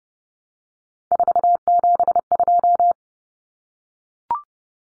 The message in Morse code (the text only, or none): 472